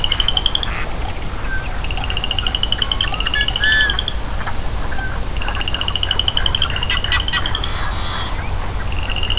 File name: borealchorusfrog